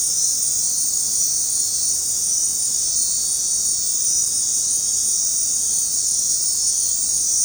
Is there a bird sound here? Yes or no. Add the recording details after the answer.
no. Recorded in dense forest near Puerto Asís, Putumayo, Colombia, on 21 February 2024 at 20:00. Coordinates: 0.503, -76.322. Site G6418